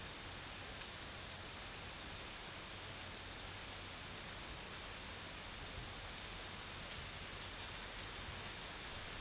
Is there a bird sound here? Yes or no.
no